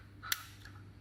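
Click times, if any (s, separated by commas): 0.3 s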